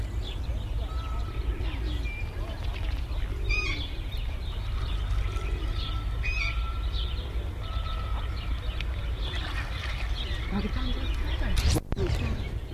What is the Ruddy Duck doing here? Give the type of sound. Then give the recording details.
courtship call. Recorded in captivity. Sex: male. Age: adult. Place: Tierpark Berlin, Berlin, DE. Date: 1978-04-10 14:45. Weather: sunny, 14°C. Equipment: Uher 4200 Report Stereo, Sennheiser MD 421 HL, Verstärker. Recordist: Tembrock, Günter. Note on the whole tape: Nordamerikanische Schwarzkopfruderente: Kampf und Balzfolgen, Schwanz steil aufgerichtet, schnelle Kopfbewegungen